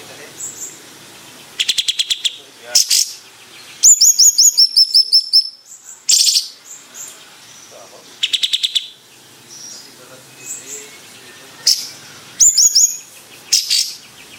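Bayeman song: fast rattling bursts, high chirps and ringing stepped trills, delivered in energetic bursts several times across the passage.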